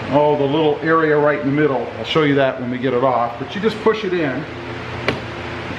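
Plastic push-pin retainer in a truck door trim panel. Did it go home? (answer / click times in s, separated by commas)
released / 5.1 s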